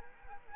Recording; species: mosquito wingbeat signal from an infrared sensor; Anopheles arabiensis